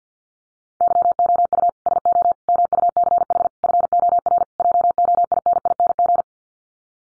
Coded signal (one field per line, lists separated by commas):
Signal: Morse code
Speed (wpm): 50 wpm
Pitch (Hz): 700 Hz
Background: none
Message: YOU SO MUCH FOR JOINING